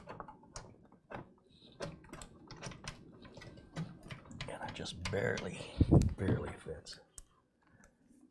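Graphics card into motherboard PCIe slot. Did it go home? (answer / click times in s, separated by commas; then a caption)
no / none. A graphics card is pushed into a motherboard PCIe slot with the retention latch open, and it barely fits. Someone talks over a series of short clicks and knocks with a louder rumbling thump around 6 seconds. The latch has not clicked.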